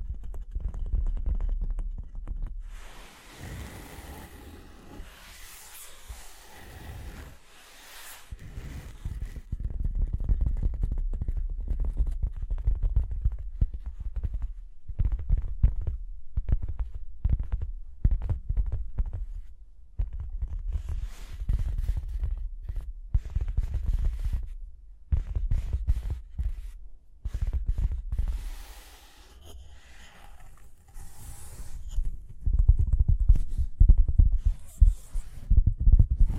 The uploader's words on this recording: Tapping and Scratching (No Talking).